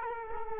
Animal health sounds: mosquito wingbeat signal from an infrared sensor; Culex quinquefasciatus

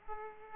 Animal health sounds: mosquito wingbeat signal from an infrared sensor; Aedes aegypti

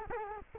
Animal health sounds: mosquito wingbeat signal from an infrared sensor; Culex quinquefasciatus

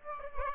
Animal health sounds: mosquito wingbeat signal from an infrared sensor; Aedes aegypti

